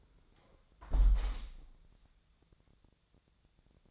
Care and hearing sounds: daily activity, microphone in the room; close window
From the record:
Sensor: 3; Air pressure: 1000.4 hPa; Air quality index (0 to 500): 140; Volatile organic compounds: 2 ppm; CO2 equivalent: 1221 ppm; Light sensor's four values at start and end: 13/35/14/15 and 13/34/13/15

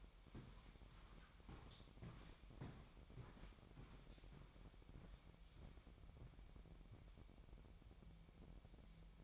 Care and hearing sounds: daily activity, microphone in the room; walk to room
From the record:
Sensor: 1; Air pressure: 1012.2 hPa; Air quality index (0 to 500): 199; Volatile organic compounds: 4 ppm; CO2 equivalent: 1603 ppm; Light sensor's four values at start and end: 74/176/75/79 and 78/186/79/83

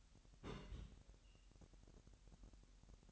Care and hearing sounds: daily activity, microphone in the room; place on stove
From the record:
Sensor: 3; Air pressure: 1001.9 hPa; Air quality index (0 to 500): 243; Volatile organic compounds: 46 ppm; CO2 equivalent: 3235 ppm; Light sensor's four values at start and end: 6/15/6/6 and 6/15/6/6

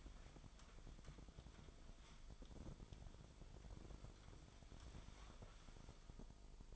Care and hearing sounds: daily activity, microphone in the room; wipe stove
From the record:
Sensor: 5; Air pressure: 1003.4 hPa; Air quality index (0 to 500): 144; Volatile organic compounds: 2 ppm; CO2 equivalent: 1052 ppm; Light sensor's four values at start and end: 37/81/37/44 and 38/82/37/44

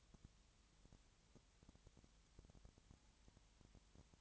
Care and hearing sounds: daily activity, microphone in the room; no activity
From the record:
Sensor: 3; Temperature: 20.6 degrees Celsius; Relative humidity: 34.7%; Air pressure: 1007.2 hPa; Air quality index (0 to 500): 137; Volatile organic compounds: 3 ppm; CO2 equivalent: 1526 ppm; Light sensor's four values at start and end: 2/3/2/2 and 2/3/2/2

